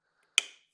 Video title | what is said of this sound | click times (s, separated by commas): 🧰 Walther PK380 Assembly Dissasembly | up into place you heard it snap a couple times | 0.4 s